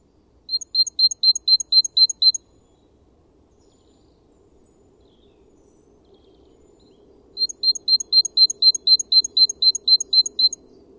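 Bird giving two bursts of crisp, high, evenly spaced paired notes, each run lasting a couple of seconds, with quiet in between.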